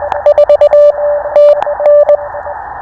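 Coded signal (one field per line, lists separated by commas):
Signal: Morse code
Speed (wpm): 20 wpm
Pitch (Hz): 590 Hz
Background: radio noise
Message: 4 TN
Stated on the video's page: Real callsigns copied during a POTA park activation at Biscayne National Park, not computer generated.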